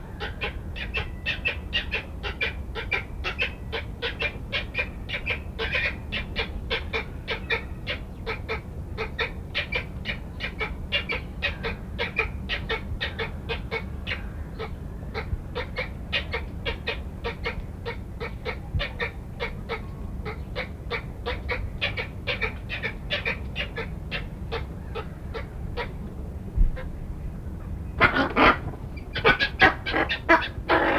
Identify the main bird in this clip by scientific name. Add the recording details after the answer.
Bubulcus ibis. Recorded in captivity. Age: adult. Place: Zoo Osnabrück, Niedersachsen, DE. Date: 1981-08-31. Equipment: Halbspur, 9,5 cm/s. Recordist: Lütgens, Hans. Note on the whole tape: Vermutlich Balz